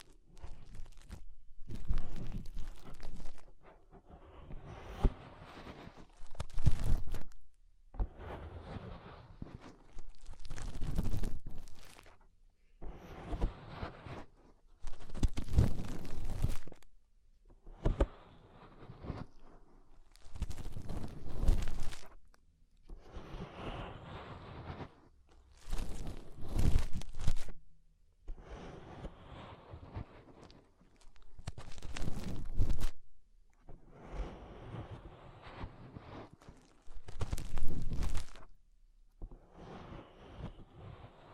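Fingers cleaning inside an ear make repeated bursts of dull rubbing and crackly crunching, each lasting two to three seconds. Short silent gaps separate the bursts, which come about every four seconds across the whole length. Each burst has a deep rumbly thump beneath scratchy, brittle crackles.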